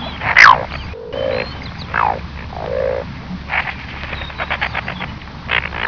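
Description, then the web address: Relict gull calls: a harsh falling squawk, lower drawn-out moaning notes, then a quick chattering series of short nasal notes over low background rumble. "larus relictus"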